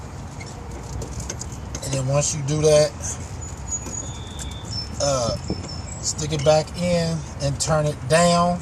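On a 2010 Chrysler Sebring, the headlight bulb socket is being put back into the opening in the headlight assembly housing and turned down to lock it in place. Someone talks throughout, with a few short, sharp taps around 1.0 to 1.4 seconds. The socket has not seated or clicked into place yet.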